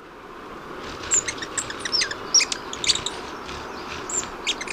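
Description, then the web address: Buff-tailed coronet giving sparse, very high, sharp chip notes at irregular intervals, against a constant background hiss. Recorded in Ecuador. "Birds of Ecuador. Buff-tailed Coronet"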